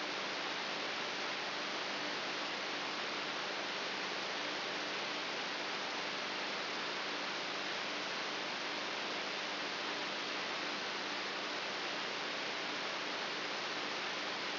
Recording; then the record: brain microelectrode recording played as sound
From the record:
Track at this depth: inside the subthalamic nucleus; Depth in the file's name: 2.64 mm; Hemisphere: right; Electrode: 3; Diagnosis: Parkinson's disease